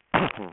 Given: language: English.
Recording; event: throat vibration sensor signal played as sound; cough